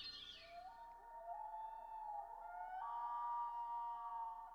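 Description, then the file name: Common loon giving a long, mournful wail that holds steady and then steps up to a higher sustained tone. "dan gibsons solitudes common loon"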